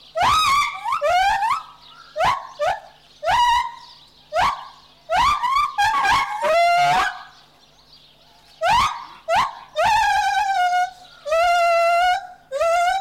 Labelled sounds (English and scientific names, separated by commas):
Lar Gibbon (Hylobates lar)